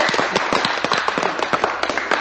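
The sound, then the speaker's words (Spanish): An audience bursts into steady applause, a dense, crackling wash of many hands clapping at once, sustained at an even, fairly loud level with no voices over it, after a contestant correctly answers an X-Men trivia question. “¡Un fuerte aplauso!”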